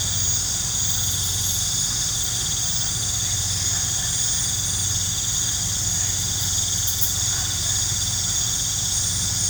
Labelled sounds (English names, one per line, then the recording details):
none
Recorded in pastures near Puerto Asís, Putumayo, Colombia, on 20 December 2024 at 19:00
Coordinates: 0.466, -76.322
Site G040